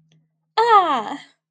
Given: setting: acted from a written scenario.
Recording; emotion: vocal sound without words; triumph